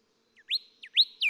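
Golden whistler whistles: a few clear, slurred whistled notes in quick succession on an otherwise quiet background.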